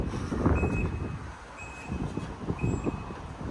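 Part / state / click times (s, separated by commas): power tailgate latch into vehicle body striker / not seated / none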